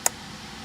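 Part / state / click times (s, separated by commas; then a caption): wiring harness connector onto ignition coil / seated / 0.1 s. A wiring harness electrical connector is pushed onto the number two ignition coil of a 2017-2021 Ford F-150 3.5L GTDI EcoBoost engine during spark plug replacement. A single sharp, bright click sounds at 0.1 s over a low, steady background hiss. The connector clicks in and seats, and its lock is then slid up.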